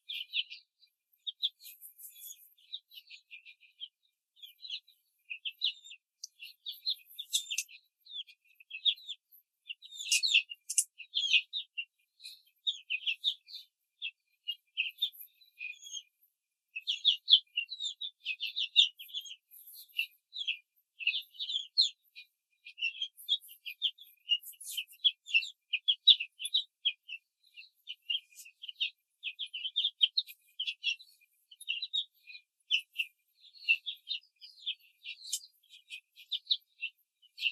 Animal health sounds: young laying hens in a cage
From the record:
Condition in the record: control cage, before the stress test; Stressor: none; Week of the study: 4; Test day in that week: 1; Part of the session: 2

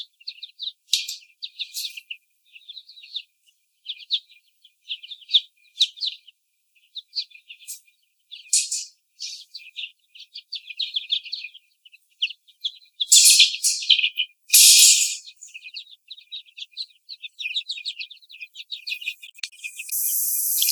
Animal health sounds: young laying hens in a cage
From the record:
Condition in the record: before the stressor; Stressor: sudden umbrella opening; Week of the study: 3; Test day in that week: 2

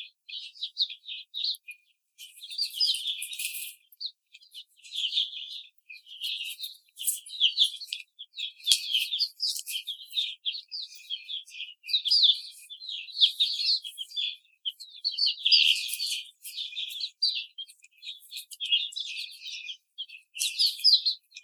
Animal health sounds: young laying hens in a cage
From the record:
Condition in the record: treatment cage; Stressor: simulated dog barking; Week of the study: 5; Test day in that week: 1

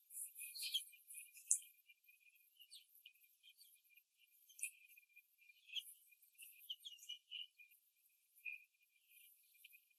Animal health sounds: young laying hens in a cage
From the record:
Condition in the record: after the stressor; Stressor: simulated dog barking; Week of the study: 3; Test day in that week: 1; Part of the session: 4

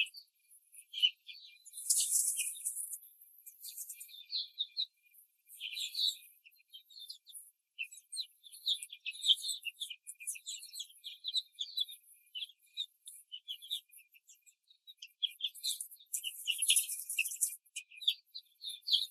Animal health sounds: young laying hens in a cage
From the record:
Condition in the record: control cage, before the stress test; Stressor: none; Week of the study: 4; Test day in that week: 3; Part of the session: 2

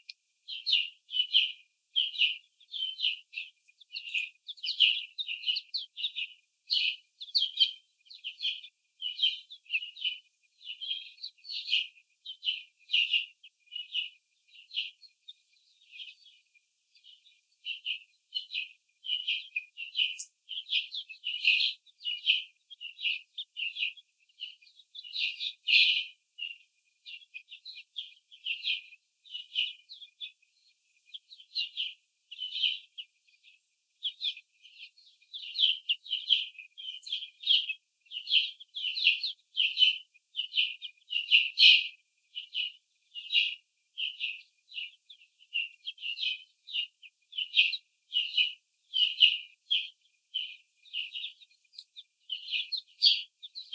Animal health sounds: young laying hens in a cage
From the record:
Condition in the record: after the stressor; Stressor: simulated dog barking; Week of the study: 4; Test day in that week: 3

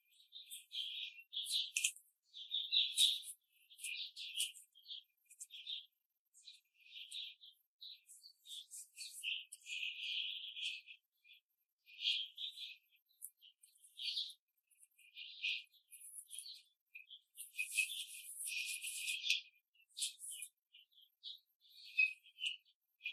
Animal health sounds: young laying hens in a cage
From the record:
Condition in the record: control cage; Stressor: none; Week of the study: 5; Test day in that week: 1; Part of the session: 1

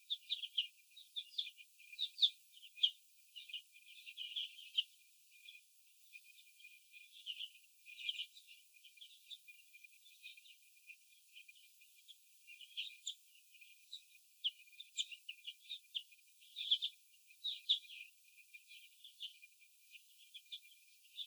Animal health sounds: young laying hens in a cage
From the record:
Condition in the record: after the stressor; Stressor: sudden umbrella opening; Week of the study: 2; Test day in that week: 1

